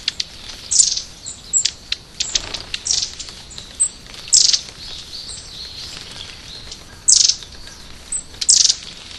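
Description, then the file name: Long-tailed tit calling: high, thin, buzzy notes and short bursts at irregular intervals, some louder clusters, against a quiet hiss. "enaga"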